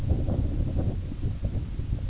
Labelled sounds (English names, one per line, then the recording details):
none
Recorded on Arctic tundra, site IGLO-A, on 17 June 2018
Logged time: 19:59